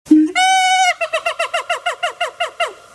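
Siamang call: a brief low bark, then a long steady harmonic note, then a rapid series of short descending barks, several per second.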